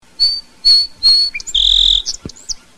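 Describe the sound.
Song sparrow singing three clear, high whistled notes, then a buzzy held note and a few quick sharp notes.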